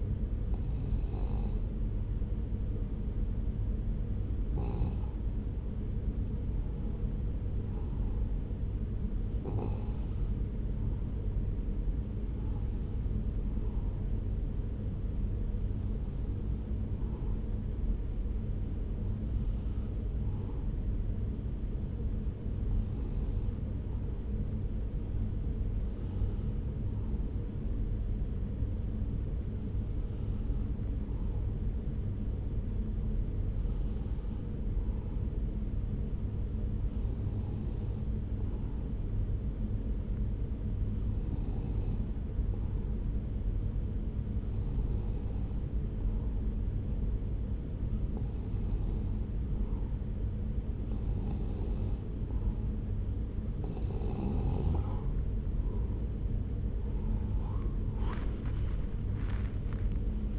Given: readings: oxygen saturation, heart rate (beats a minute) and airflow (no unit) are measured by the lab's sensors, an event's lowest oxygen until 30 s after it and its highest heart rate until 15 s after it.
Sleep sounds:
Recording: breathing in sleep by a smartphone at the bedside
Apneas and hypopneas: 1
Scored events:
7.00-55.80 s: hypopnea (N1, oxygen 95% highest, then 92% lowest)
From the record:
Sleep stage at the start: N1 (lightest sleep)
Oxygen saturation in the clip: 92 to 95%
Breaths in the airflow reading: 18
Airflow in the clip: -4.3 to 5.6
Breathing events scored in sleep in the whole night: 335 in 6.7 hours asleep

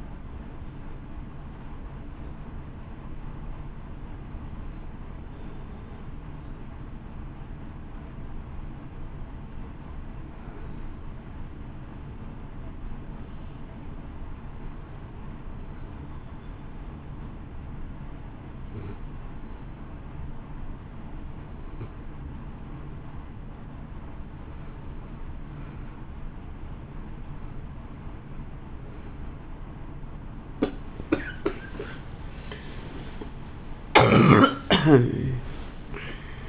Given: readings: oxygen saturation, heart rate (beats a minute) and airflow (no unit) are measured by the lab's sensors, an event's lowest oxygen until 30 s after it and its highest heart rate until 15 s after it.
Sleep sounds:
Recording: breathing in sleep by a smartphone at the bedside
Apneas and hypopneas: 1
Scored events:
0.00-16.00 s: awake
6.00-32.00 s: hypopnea (scored as awake, oxygen 95% highest, then 89% lowest, heart rate 56 at the start, 83 highest)
12.00-36.49 s: new sleep stage, N1 (lightest sleep)
From the record:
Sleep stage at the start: awake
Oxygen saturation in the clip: 90 to 95%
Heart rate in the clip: 56 to 74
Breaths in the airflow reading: 4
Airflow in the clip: -8.8 to 5.5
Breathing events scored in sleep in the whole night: 328 in 6.3 hours asleep

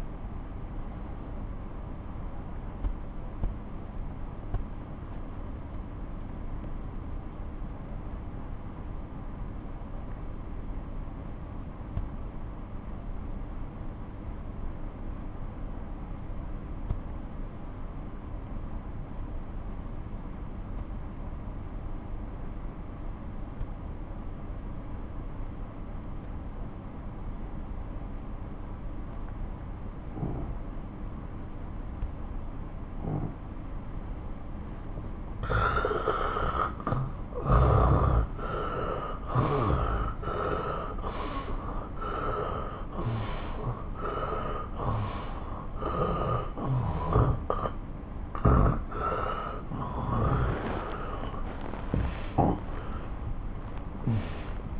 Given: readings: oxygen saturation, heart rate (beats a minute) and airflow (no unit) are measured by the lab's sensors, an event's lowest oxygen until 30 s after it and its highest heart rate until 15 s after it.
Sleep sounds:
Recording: breathing in sleep by a smartphone at the bedside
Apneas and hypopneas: 1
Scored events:
3.00-35.50 s: obstructive apnea (N2, oxygen 93% highest, then 83% lowest)
From the record:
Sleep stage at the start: N2 (light sleep)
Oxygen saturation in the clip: 85 to 93%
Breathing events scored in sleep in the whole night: 217 in 6.3 hours asleep

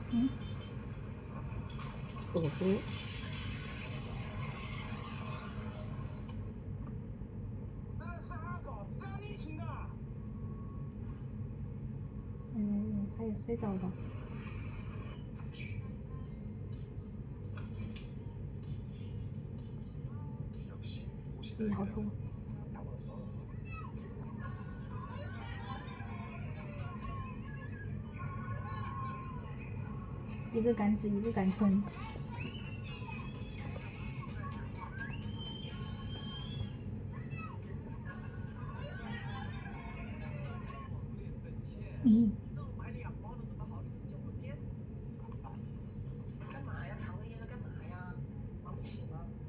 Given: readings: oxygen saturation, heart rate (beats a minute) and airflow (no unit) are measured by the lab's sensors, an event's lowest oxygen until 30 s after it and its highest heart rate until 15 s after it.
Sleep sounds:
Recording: a person awake in a sleep study, by a smartphone at the bedside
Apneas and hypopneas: none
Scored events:
0.00-49.49 s: awake
0.00-49.49 s: awake
From the record:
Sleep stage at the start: awake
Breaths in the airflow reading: 18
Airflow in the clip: -0.7 to 0.6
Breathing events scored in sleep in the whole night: 496 in 5.4 hours asleep

